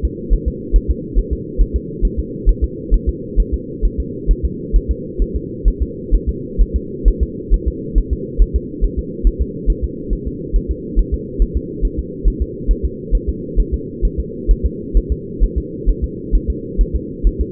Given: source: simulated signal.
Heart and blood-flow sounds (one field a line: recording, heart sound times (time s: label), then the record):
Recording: fetal heart sounds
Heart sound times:
0.05 s: S2
0.33 s: S1
0.48 s: S2
0.76 s: S1
0.91 s: S2
1.19 s: S1
1.33 s: S2
1.61 s: S1
1.76 s: S2
2.05 s: S1
2.19 s: S2
2.49 s: S1
2.64 s: S2
2.94 s: S1
3.09 s: S2
3.40 s: S1
3.54 s: S2
3.85 s: S1
4.00 s: S2
4.31 s: S1
4.45 s: S2
4.76 s: S1
4.91 s: S2
5.22 s: S1
5.36 s: S2
5.68 s: S1
5.82 s: S2
6.15 s: S1
6.29 s: S2
6.62 s: S1
6.76 s: S2
7.08 s: S1
7.23 s: S2
7.54 s: S1
7.68 s: S2
7.98 s: S1
8.13 s: S2
8.42 s: S1
8.56 s: S2
8.84 s: S1
8.99 s: S2
9.27 s: S1
9.42 s: S2
9.70 s: S1
9.84 s: S2
10.13 s: S1
10.27 s: S2
10.56 s: S1
10.71 s: S2
10.99 s: S1
11.14 s: S2
11.42 s: S1
11.57 s: S2
11.85 s: S1
11.99 s: S2
12.28 s: S1
12.42 s: S2
12.71 s: S1
12.85 s: S2
13.15 s: S1
13.29 s: S2
13.60 s: S1
13.74 s: S2
14.05 s: S1
14.20 s: S2
14.51 s: S1
14.66 s: S2
14.97 s: S1
15.12 s: S2
15.44 s: S1
15.58 s: S2
15.89 s: S1
16.04 s: S2
16.35 s: S1
16.50 s: S2
16.81 s: S1
16.96 s: S2
17.27 s: S1
17.41 s: S2
From the record:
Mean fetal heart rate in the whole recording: 135 bpm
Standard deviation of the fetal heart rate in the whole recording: 3 bpm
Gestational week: 36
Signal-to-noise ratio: -4.1 dB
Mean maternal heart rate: no maternal heart sound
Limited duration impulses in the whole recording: absent